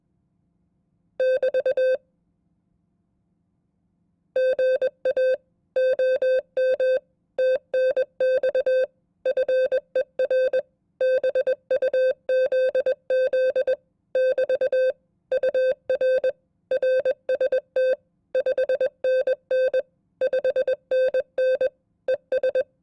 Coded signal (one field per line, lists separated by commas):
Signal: Morse code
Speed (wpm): 21 wpm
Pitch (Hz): 520 Hz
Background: none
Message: <BT> GA OM TNX FER BUZZ <BT> UR RST 5NN 5NN ES